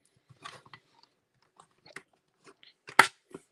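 A plastic tab on an action figure is pushed into its slot, with the pieces proving harder to tab together than they should be. Soft handling rustles and small knocks lead up to one loud, sharp snap at 3.0 s as the tab seats.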